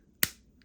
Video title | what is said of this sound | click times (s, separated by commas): MEGA Pokemon Dragonite Set Build! | there you go until you hear the click obviously you don't press it too much | 0.2 s